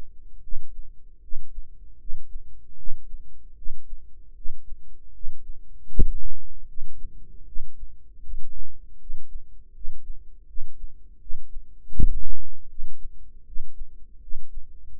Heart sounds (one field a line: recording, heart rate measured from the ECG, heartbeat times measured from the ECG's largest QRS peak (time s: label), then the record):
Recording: heart sounds by microphone in the right ear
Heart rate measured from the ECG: 78 bpm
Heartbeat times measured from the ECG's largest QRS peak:
0.40 s: heartbeat
1.20 s: heartbeat
1.97 s: heartbeat
2.75 s: heartbeat
3.54 s: heartbeat
4.33 s: heartbeat
5.11 s: heartbeat
5.88 s: heartbeat
6.66 s: heartbeat
7.44 s: heartbeat
8.21 s: heartbeat
8.97 s: heartbeat
9.72 s: heartbeat
10.45 s: heartbeat
11.18 s: heartbeat
11.91 s: heartbeat
12.67 s: heartbeat
13.43 s: heartbeat
14.19 s: heartbeat
14.93 s: heartbeat
From the record:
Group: healthy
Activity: cold pressor test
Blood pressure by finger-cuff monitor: 121/71 mmHg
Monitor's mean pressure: 85 mmHg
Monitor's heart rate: 78 bpm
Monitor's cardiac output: 7.5 L/min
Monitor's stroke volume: 95 mL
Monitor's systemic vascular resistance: 830 dyn s/cm5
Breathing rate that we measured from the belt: 15 breaths a minute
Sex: male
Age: 35 years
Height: 180 cm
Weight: 86.9 kg